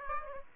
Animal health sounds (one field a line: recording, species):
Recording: mosquito wingbeat signal from an infrared sensor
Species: Aedes aegypti